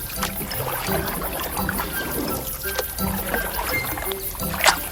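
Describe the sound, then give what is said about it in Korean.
A small boat carrying a man's wife and children back moves through water, with steady sloshing, splashing and trickling, and brief bright splashes now and then, continuous and moderately loud with no clear talk. “그가 주저앉아 자신을 탓하고 있을 때 그의 아내와 아이들이 보트를 타고 돌아오지 뭐예요.”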